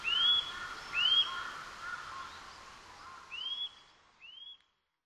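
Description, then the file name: Eurasian nuthatch calls: upward-sweeping whistles, two strong ones early, then two fainter rising notes after a pause, over a steady hiss. Recorded 2 April 2011 at Maruyama. "gojukara maruyama namba"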